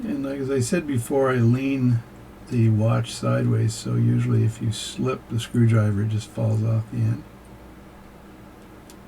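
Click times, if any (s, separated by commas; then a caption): 8.9 s. Someone talks while unscrewing a small steel screw from the brass plate of a Waltham hunter pocket watch movement with a screwdriver, the watch tilted sideways. After the speech stops, a faint tick at 8.9 s marks the screw coming free of its thread.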